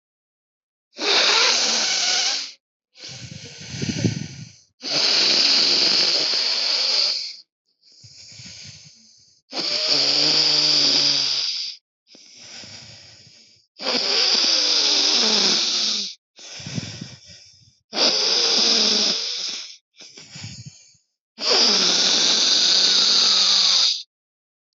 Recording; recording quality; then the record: deep breathing; excellent, no background noise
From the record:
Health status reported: healthy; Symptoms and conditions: none ticked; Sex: female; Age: 55 years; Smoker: not ticked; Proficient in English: yes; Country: India